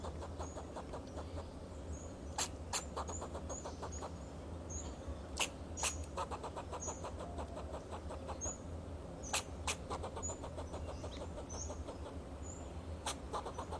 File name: Sound of a Fox Squirrel